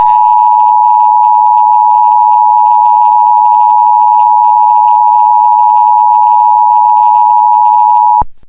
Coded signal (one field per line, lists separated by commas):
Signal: Emergency Alert System (SAME) tones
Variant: 853 and 960 Hz attention tone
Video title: EAS Scenario Nightmares